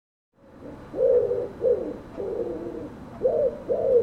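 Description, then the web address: Bird giving low, hollow coos in short groups, each note swelling and dipping, with a faint background hiss. "cianscape birddata Deverinetal 2025"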